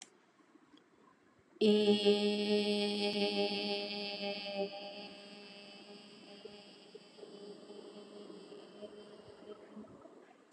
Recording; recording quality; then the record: sustained vowel as in made; excellent, no background noise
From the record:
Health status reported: healthy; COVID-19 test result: not tested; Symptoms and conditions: none ticked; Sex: female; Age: 40 years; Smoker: not ticked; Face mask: not worn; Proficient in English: yes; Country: India